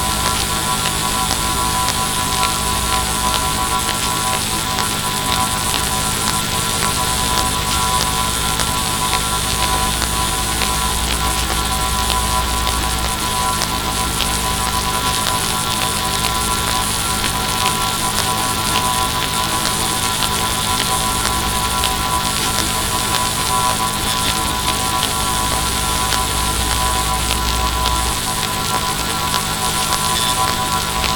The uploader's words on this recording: Sudden onset of Geomagnetic disturbance from recent CME! This is the sound of the power grid being disturbed as the CME interacts with the earth's magnetic field and induces voltages into power lines. G2, Max Kp=5.